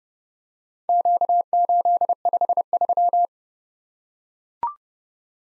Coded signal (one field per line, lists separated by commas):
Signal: Morse code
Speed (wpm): 30 wpm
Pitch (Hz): 700 Hz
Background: none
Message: Q853